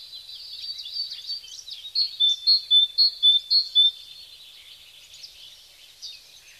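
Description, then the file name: Great tit singing a rhythmic series of several loud, high notes alternating in pitch over about two seconds, with quieter chirping before and after. "Talgoxe"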